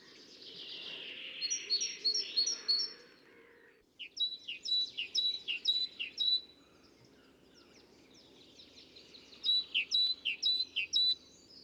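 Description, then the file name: Great tit repeating short ringing notes in two bursts, after a noisier passage at the start. Recorded in a cemetery. "Musvit"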